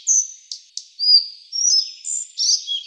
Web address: Ficedula albicollis